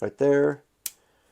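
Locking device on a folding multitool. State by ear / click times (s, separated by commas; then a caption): seated / 0.9 s. Someone talks briefly, then the locking device on a Leatherman MUT folding multitool is engaged after the tool is reopened. A sharp metallic click is heard at 0.9 s as it seats right in place so the tool won't open up.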